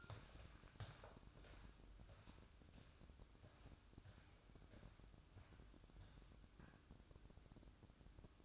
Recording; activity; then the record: daily activity, microphone in the room; walk to room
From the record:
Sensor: 2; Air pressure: 1008.1 hPa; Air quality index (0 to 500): 117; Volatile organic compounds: 1 ppm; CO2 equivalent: 869 ppm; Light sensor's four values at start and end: 8/18/7/7 and 8/18/7/7